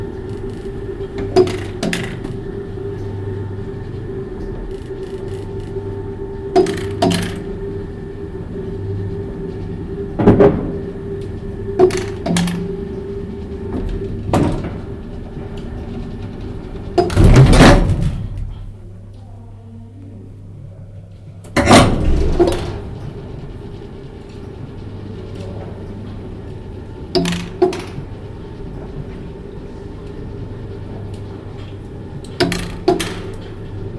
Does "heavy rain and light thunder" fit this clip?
no